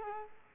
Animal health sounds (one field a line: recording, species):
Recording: mosquito wingbeat signal from an infrared sensor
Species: Culex quinquefasciatus